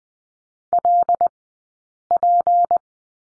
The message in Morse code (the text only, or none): LP